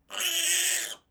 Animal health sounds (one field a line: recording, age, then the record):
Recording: pig call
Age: piglet (1 to 25 days)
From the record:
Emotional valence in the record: negative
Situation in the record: restrain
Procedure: back test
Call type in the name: high-frequency call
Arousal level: low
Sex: female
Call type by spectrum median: high-frequency call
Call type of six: high-frequency stable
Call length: 1.11 s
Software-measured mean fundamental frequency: 313 Hz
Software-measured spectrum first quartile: 2799 Hz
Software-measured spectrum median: 5549 Hz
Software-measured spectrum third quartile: 7952 Hz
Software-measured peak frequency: 3174 Hz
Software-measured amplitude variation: 137 dB a second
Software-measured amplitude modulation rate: 18.9 a second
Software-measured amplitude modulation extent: 7.3 dB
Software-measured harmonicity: 0.9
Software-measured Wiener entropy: -1.86